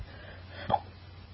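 A single sharp hiccup comes about two-thirds of a second in: a brief, abrupt gulping click against a low, steady room hum. This is one involuntary hiccup from an adult, a sudden spasm of the diaphragm cut off by the snapping shut of the vocal cords.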